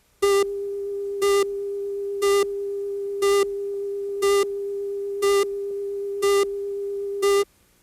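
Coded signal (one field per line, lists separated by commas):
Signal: none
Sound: a show's intro synth beeps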